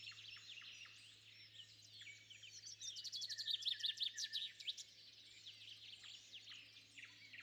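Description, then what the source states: Birds twittering together, a loud fast burst of repeated sharp notes in the middle, softer chirps before and after, low steady hum underneath. Bird calls recorded at sunrise.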